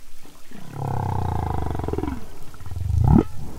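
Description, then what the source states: Humpback whale song unit: a long, low, rough growl lasting over a second, followed by a short upward-sweeping squeal at the end. 2008 version of a song theme: the earlier bellows has become a long growl with a little bird trill at the end; an example of slow song evolution.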